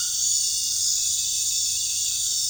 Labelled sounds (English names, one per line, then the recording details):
none
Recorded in pastures near Puerto Asís, Putumayo, Colombia, on 23 June 2025 at 19:30
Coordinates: 0.466, -76.322
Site GP07